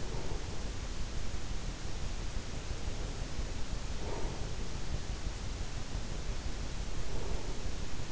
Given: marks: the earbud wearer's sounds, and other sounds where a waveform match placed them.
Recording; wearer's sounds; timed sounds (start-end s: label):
sounds in sleep by an in-ear microphone; breath
0.00-0.72 s: breath
3.08-4.75 s: breath
5.58-7.69 s: breath